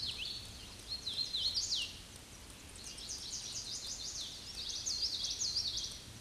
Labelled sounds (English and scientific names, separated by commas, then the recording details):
Hooded Warbler (Setophaga citrina) song
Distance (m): 30 m
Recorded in a Pennsylvania forest on 18 May 2023 at 07:32
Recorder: AudioMoth, point grid1_35_low
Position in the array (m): 158 m, 114 m